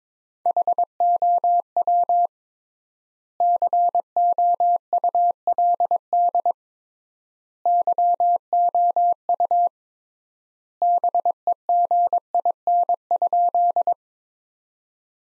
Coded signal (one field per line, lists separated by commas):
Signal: Morse code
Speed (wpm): 22 wpm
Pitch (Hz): 700 Hz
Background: none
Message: HOW COULD YOU BEGIN?